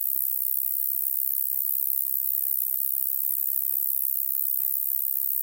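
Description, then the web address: Roesel's shieldback katydid singing a continuous, even, very high buzzing hiss with no breaks throughout. "The Songs of Insects. Roesel's Shieldback Katydid"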